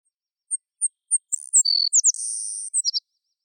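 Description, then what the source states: Sparrow singing: three spaced, thin high notes lead into quick slurred phrases, a sustained insect-like buzz, then a few short closing chips. A single bird singing solo.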